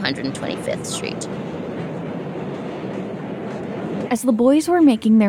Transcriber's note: Ambient sounds of the 2 line driving by and people walking around a subway station